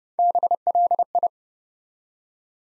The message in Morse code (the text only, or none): BLI